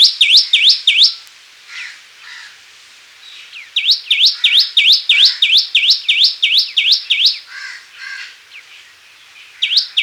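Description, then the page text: Common tailorbird song: fast runs of piercing, rising notes about three per second, broken by short pauses, other birds chirping faintly between phrases. "Common Tailorbird Song. Quick Sounds"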